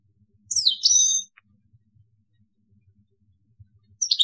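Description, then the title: European goldfinch song: a tinkling, slurred twitter phrase of about a second, then silence and the start of another twitter at the end. "Chant Chardonneret"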